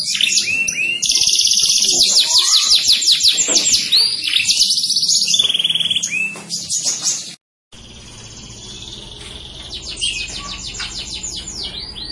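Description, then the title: Canary song of dense high trills and rolling phrases, cut by a short silence before quieter trilling resumes over background hiss. Cengkok song style, the style sought by contest judges. "Cengkok kenari mewah yang di cari juri"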